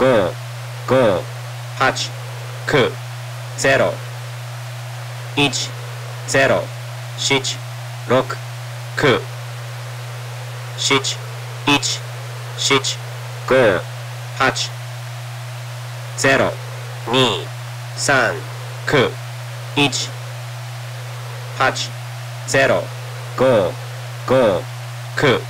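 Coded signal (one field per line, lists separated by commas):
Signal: numbers station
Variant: Japanese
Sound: a voice reading short words, likely numbers, at an even pace over a steady drone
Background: steady low hum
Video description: Another pretend shortwave "numbers station", in Japanese. Numbers voice courtesy of Naoto H.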